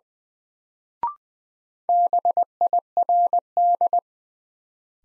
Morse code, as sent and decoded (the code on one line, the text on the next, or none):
-... .. .-. -..
BIRD